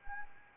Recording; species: mosquito wingbeat signal from an infrared sensor; Anopheles arabiensis